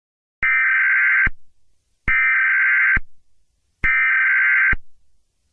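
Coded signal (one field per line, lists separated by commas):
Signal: Emergency Alert System (SAME) tones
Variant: header bursts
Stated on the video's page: Fictional EAS scenario.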